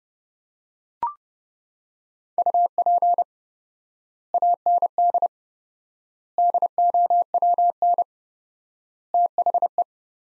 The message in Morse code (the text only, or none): UP AND DOWN THE